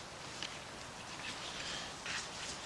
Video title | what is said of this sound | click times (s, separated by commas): Ford Explorer Exterior Door Handle Base Reinforcement Replacement 2011-2019 | that locked into place that | 0.4 s